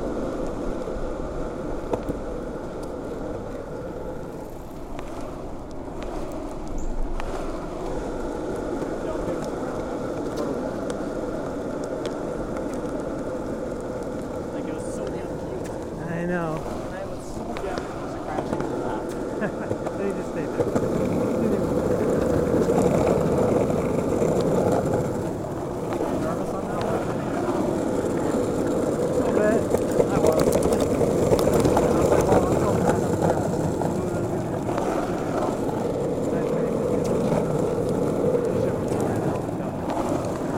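Skateboard wheels roll steadily along a smooth bike path, a continuous low, grainy rumble with no breaks or bumps. The roll grows a little louder and fuller after about twenty seconds. A brief higher tone, maybe a voice, rises briefly around sixteen seconds.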